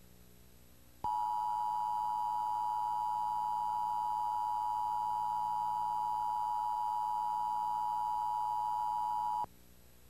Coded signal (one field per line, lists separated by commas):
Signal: Emergency Alert System (SAME) tones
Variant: 853 and 960 Hz attention tone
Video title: Real EAS Test #15 (11/9/11)